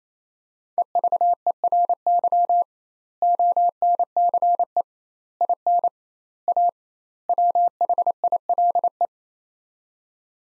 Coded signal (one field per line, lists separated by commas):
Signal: Morse code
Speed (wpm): 28 wpm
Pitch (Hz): 700 Hz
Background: none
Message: EVERY ONCE IN A WHILE